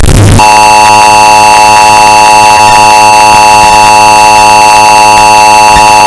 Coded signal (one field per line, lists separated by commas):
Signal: Emergency Alert System (SAME) tones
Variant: 853 and 960 Hz attention tone